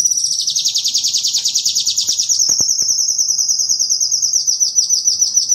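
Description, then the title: Sunbird song, one continuous high trill of rapid repeated notes, slowly falling then levelling, with faint clicks underneath. Sunbird in full song (gacor), with fill-in phrases (isian) copied from the cililin and the canary. "Kolibri gacor isian cililin dan kenari"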